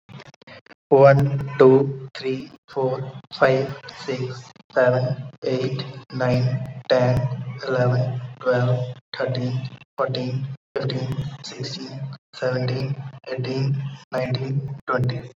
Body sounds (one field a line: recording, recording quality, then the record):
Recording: counting at a normal pace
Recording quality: excellent, no background noise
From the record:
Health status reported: COVID-19 positive, mild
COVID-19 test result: positive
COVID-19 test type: RT-PCR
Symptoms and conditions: cold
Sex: male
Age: 27 years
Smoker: no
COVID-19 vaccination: both doses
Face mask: not worn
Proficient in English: yes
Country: India